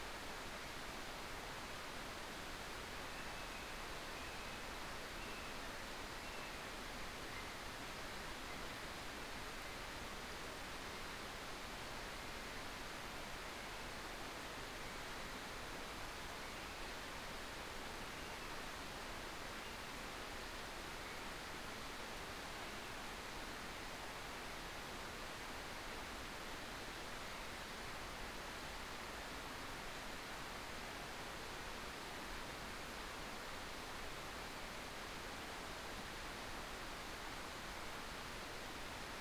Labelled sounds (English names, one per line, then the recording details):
North Island Brown Kiwi male call
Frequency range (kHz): North Island Brown Kiwi 0.5-7.0 kHz
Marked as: faintness 5/5
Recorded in New Zealand on 13 December 2015
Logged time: 21:44
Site CL72